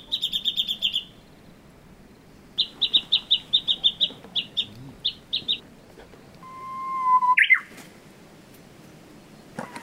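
Japanese bush warbler: bursts of rapid, high, clipped notes, then a pause, then a long steady whistle ending in a fast rising-falling flourish.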